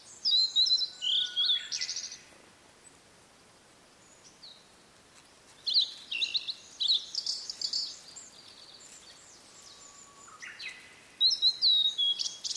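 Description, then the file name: Blue-and-white flycatcher singing several phrases of sliding whistles that break into rasping buzzy notes, with quiet pauses of a few seconds between phrases. "oruri"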